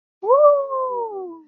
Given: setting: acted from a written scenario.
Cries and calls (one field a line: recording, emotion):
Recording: vocal sound without words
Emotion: pride